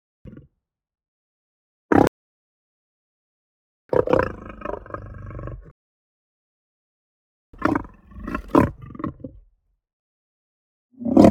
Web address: lion roar growl shake